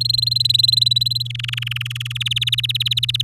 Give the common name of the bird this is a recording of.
Domestic Canary